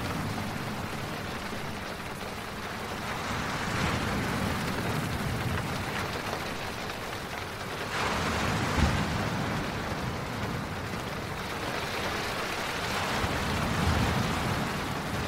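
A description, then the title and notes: Rain, wind and waves make a steady, dense wash of sound with a low rumble underneath. Soft swells rise and fall every few seconds, with brighter surges near 4, 8 and 14 seconds, like gusts or waves breaking. 1 Hour of Rain, Waves, and Wind for a Soothing Retreat. Serene rain, waves, and wind ambiance.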